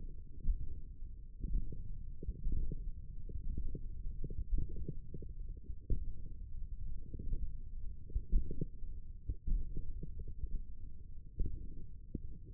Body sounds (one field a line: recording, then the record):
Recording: forearm muscle sounds (acoustic myography)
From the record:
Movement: finger pinch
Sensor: system 1, eight BSWA MPA416 microphones around the upper forearm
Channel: 3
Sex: male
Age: 20 years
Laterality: left